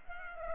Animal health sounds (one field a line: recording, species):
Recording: mosquito wingbeat signal from an infrared sensor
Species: Culex pipiens